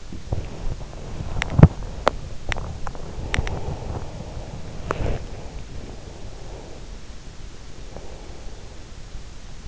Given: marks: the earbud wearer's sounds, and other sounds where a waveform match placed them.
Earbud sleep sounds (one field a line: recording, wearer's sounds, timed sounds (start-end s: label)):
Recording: sounds in sleep by an in-ear microphone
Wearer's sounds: body movement, breath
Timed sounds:
0.00-5.45 s: body movement
5.81-9.06 s: breath